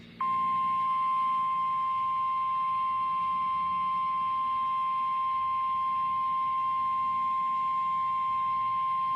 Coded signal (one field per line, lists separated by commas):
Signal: Emergency Alert System (SAME) tones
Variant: 1050 Hz attention tone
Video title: Required Weekly Test - EAS #1